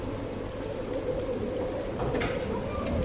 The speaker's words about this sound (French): C'est sombre, la tempête fait rage, la pluie et le vent battent contre les vitres fermées.